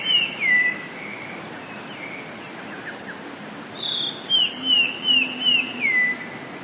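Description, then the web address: Eurasian blue tit song: a high note followed by five quick downward-sweeping whistles, with the tail of an earlier phrase at the start. "wroblowe teka 2 spiew 12. wroblowe teka modraszkoteka"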